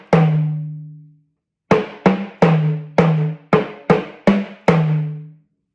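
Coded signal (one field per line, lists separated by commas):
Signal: talking drum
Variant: Yoruba sakara drum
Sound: eight deep resonant drum strokes in an irregular speech-like rhythm, pitch shifting between strokes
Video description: Playing "Ọsan gangan ni aṣa o gbe" with the Yoruba Orunsha Sakara talking drum by Jammal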